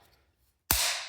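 A car seat adapter on the frame of an Evenflo Transformer stroller-to-wagon is pulled into position and latches with one loud, sharp click at 0.7 s. The click rings out with a fading tail after near-silence, and the adapter locks in place.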